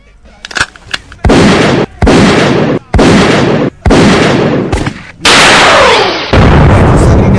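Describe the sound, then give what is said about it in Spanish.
Double gunshot sound effect: a couple of sharp early cracks, then a run of loud, heavy blasts, each ringing out for about a second before the next one hits. “El disparo doble, en este caso, para el periódico en cuestión, Rolling Stone.”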